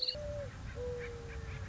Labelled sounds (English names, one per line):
Mourning Dove